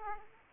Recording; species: mosquito wingbeat signal from an infrared sensor; Aedes aegypti